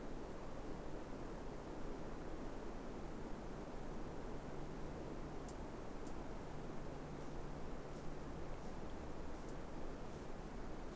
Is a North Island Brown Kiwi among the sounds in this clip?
no